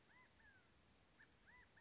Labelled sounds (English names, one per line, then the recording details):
California Quail
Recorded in Sonoma County, California